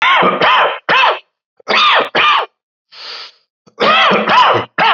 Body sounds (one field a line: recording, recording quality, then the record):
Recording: heavy voluntary cough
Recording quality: excellent, no background noise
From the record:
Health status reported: healthy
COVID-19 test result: not tested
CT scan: not taken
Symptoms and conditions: cough, sore throat, hypertension, diabetes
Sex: male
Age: 59 years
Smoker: no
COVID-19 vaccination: both doses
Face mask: not worn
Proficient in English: yes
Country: India